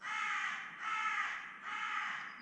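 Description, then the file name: Carrion crow giving three harsh, raspy caws in steady succession, each lasting about three-quarters of a second with short gaps between. "Carrion Crow Clean"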